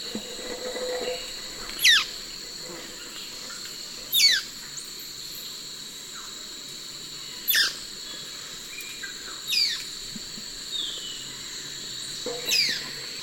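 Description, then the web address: Ochre-bellied flycatcher calls: sharp notes sliding steeply downward, given every two to three seconds over a steady high insect drone. Recorded in the eastern lowlands of South America. "Natures Songs S America Eastern Lowlands. Ochre-bellied Flycatcher"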